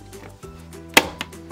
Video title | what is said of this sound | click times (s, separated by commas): Project Mc2 Ultimate Spy Bag I Be a Super Spy Girl I Empowering Girls through S.T.E.A.M. I Unboxing | pull down until it clicks and then lift up there | 1.0 s